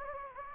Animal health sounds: mosquito wingbeat signal from an infrared sensor; Anopheles gambiae

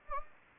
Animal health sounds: mosquito wingbeat signal from an infrared sensor; Anopheles gambiae

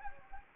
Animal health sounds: mosquito wingbeat signal from an infrared sensor; Anopheles gambiae

